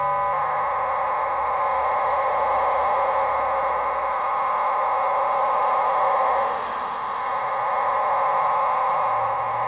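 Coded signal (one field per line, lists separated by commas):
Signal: numbers station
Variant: HM01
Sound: steady wide hissing, warbling data sound with several faint stacked tones, no voice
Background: radio static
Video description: Captura de la legendaria emisora cubana de números HM01 en 17480 Khz presuntos 50 kw no direccionales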